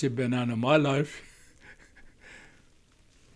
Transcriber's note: he laughs